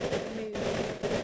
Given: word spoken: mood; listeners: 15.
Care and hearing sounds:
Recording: one English word in noise, from a listening test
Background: noise modulated by three-talker babble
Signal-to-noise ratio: -7.7 dB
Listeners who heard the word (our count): 2 of 15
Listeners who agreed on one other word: 11 of 15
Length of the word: 0.84 s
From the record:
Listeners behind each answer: 11, 2, 1, 1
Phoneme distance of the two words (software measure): 10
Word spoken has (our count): 1 syllable, 3 phonemes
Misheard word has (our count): 1 syllable, 3 phonemes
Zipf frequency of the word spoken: 4.50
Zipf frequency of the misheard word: 5.49

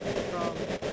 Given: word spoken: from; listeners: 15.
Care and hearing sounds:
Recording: one English word in noise, from a listening test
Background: noise modulated by three-talker babble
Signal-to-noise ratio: -4.1 dB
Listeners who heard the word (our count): 3 of 15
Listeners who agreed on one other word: 11 of 15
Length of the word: 0.53 s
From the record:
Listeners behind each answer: 11, 3, 1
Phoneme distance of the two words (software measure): 17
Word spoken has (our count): 1 syllable, 4 phonemes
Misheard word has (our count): 1 syllable, 3 phonemes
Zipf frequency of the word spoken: 6.50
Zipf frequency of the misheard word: 5.58

